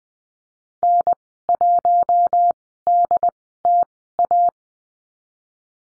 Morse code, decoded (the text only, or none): N1DTA